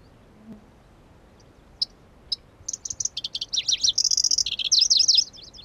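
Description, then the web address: Pallas's grasshopper warbler song: a few scattered high ticks, then quickening clipped notes building into a loud, rapid, wavering high trill before fading. Recorded at Kuda on 25 June 2012. "June 25 2012 Lcertiola Kuda"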